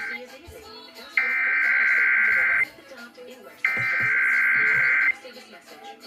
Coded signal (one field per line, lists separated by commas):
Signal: Emergency Alert System (SAME) tones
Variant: header bursts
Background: speech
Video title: EAS 4609-4612 KDKA FM Morning Tests